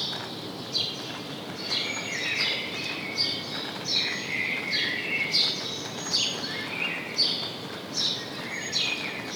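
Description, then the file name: House sparrow calls, clipped downward chirps spaced irregularly, with a few lower drawn-out notes, over steady background noise. "Passer domesticus"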